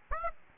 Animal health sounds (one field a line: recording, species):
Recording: mosquito wingbeat signal from an infrared sensor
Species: Aedes aegypti